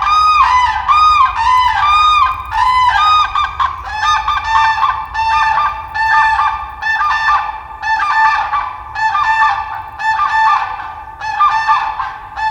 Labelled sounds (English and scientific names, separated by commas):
Demoiselle Crane (Grus virgo) call